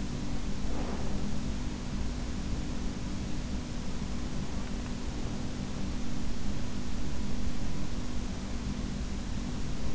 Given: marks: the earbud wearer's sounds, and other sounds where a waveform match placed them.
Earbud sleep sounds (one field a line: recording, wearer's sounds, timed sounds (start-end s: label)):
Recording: sounds in sleep by an in-ear microphone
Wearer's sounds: breath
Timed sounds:
0.00-2.14 s: breath